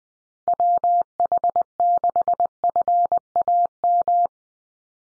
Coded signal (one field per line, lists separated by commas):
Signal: Morse code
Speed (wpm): 20 wpm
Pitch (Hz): 700 Hz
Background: none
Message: WH6FAM